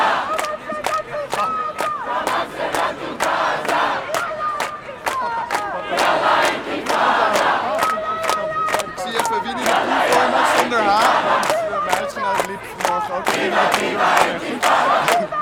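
A large crowd chants in unison at a banned pro-Palestine demonstration on the Dam, 13 November 2024, many voices shouting rhythmic slogans with steady, repeated phrases over a dense roar of noise that stays loud throughout.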